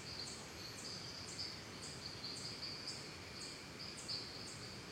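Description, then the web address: Cicadas in a steady high buzz, with sharp ticking accents repeated about twice a second. Calm forest ambience in Costa Rica. "Big Room Sound Ciccadas Birds Costa Rica"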